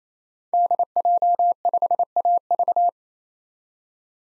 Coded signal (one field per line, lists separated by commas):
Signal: Morse code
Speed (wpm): 28 wpm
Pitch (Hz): 700 Hz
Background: none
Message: DJ5AV